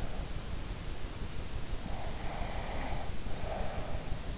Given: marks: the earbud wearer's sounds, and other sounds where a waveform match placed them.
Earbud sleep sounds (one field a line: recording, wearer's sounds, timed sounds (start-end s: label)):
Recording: sounds in sleep by an in-ear microphone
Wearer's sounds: breath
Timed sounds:
1.95-4.00 s: breath